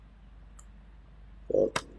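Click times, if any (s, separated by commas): 1.8 s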